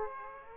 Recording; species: mosquito wingbeat signal from an infrared sensor; Aedes aegypti